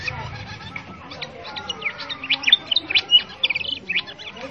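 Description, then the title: Sooty-headed bulbul song, a busy jumble of quick high chirps and short whistled notes that grows louder and denser in the second half. Master recording of a very actively singing sooty-headed bulbul, used to train other caged sooty-headed bulbuls to respond and sing actively. "Masteran Kutilang Sutra. Kutilang Sutra mana YANG GAK NYAUT dan IKUT BUNYI GACOR dengan suara Kutilang Sutra Super GACOR Ini"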